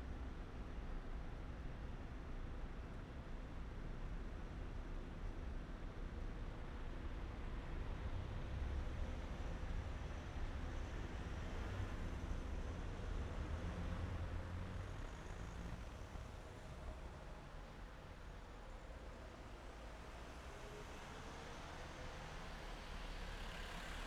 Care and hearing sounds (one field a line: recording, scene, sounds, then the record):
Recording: everyday scene through a hearing-aid microphone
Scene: in traffic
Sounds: traffic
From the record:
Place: main city hub, rush hour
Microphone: behind the ear, right, rear